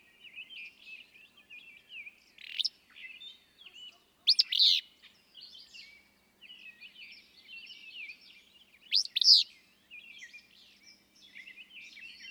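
Willow flycatcher song, three abrupt, explosive buzzy phrases at irregular intervals, set against continuous light chirping and warbling from other birds.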